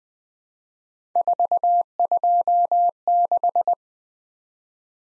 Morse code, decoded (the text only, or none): 426